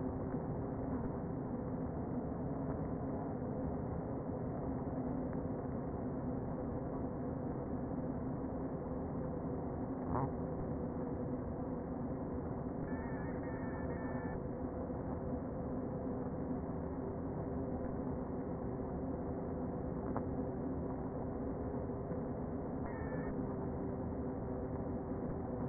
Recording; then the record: honeybee colony, microphone inside the hive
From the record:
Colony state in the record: queen present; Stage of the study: before two queens were removed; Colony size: about 60,000 bees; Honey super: yes